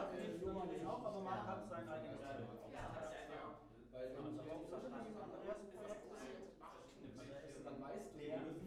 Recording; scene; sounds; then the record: everyday scene through a hearing-aid microphone; many people talking; many voices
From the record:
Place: bistro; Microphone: behind the ear, left, rear